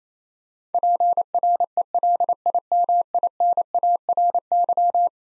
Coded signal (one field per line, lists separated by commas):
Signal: Morse code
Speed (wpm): 27 wpm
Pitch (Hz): 700 Hz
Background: none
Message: PRELIMINARY